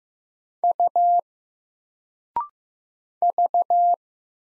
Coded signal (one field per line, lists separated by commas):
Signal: Morse code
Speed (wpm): 15 wpm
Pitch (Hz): 700 Hz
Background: none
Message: U V